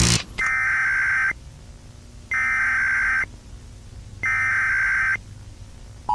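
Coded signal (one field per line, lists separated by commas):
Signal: Emergency Alert System (SAME) tones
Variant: header bursts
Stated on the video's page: Fictional EAS scenario recreation based on the Local58 weather service episode, not a real alert.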